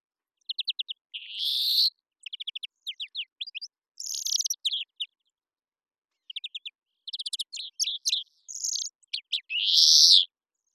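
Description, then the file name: European greenfinch mixing fast chirping trills with buzzy nasal wheezes, phrases alternating throughout with a short gap midway. "Chloris chloris"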